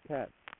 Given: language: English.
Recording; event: throat vibration sensor signal played as sound; speech